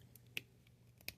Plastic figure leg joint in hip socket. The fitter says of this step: pop it out. Yes, it makes a click sound.